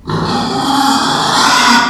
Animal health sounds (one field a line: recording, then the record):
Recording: squeal of a Yucatan mini pig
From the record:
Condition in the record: after surgery on the right vocal fold (resection and tissue-engineered implant)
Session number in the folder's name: 16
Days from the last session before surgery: 183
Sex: female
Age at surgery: 19 weeks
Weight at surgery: 25 kg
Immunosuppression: prednisolone